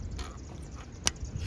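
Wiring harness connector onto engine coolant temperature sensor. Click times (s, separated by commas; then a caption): 1.1 s. A wiring harness plug is pushed onto the new engine coolant temperature sensor of an 8th gen Civic. After a soft rustle of handling, one strong sharp click sounds at 1.1 seconds as the connector latches and seats.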